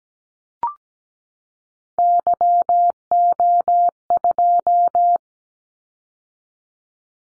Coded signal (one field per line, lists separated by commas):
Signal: Morse code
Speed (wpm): 17 wpm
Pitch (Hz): 700 Hz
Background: none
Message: YO2